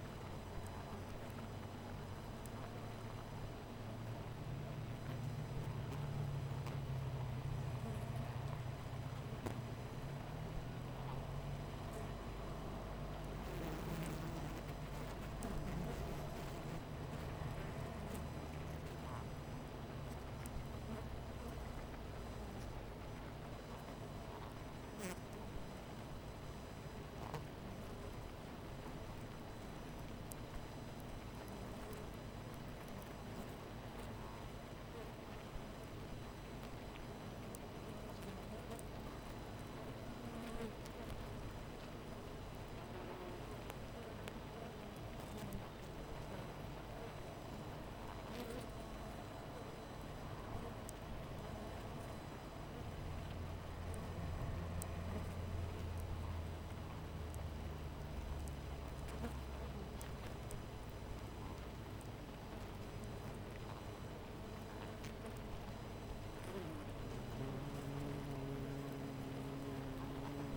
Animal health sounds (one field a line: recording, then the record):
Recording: honeybee colony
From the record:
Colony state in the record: missing queen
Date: 14 July 2017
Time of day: 13:05